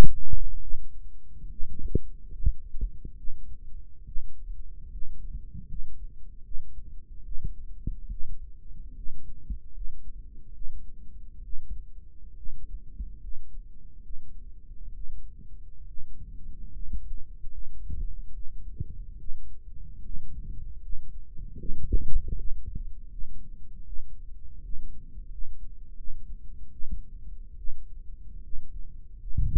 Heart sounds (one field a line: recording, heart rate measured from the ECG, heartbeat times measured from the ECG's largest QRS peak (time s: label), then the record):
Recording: heart sounds by microphone in the right ear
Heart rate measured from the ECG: 73 bpm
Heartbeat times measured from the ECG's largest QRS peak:
0.60 s: heartbeat
1.49 s: heartbeat
2.31 s: heartbeat
3.16 s: heartbeat
4.05 s: heartbeat
4.90 s: heartbeat
5.67 s: heartbeat
6.43 s: heartbeat
7.24 s: heartbeat
8.09 s: heartbeat
8.94 s: heartbeat
9.72 s: heartbeat
10.53 s: heartbeat
11.42 s: heartbeat
12.35 s: heartbeat
13.19 s: heartbeat
14.01 s: heartbeat
14.93 s: heartbeat
15.86 s: heartbeat
16.71 s: heartbeat
17.50 s: heartbeat
18.32 s: heartbeat
19.18 s: heartbeat
20.03 s: heartbeat
20.81 s: heartbeat
21.58 s: heartbeat
22.37 s: heartbeat
23.10 s: heartbeat
23.85 s: heartbeat
24.62 s: heartbeat
25.29 s: heartbeat
25.96 s: heartbeat
26.71 s: heartbeat
27.56 s: heartbeat
28.41 s: heartbeat
29.19 s: heartbeat
From the record:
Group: healthy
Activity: rest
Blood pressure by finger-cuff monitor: 102/52 mmHg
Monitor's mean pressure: 68 mmHg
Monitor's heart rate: 73 bpm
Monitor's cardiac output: 7.3 L/min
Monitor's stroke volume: 99 mL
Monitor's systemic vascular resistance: 660 dyn s/cm5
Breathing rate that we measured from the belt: 16 breaths a minute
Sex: female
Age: 22 years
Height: 160 cm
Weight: 63 kg